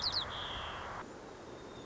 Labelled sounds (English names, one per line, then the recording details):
White-crowned Sparrow
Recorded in Sonoma County, California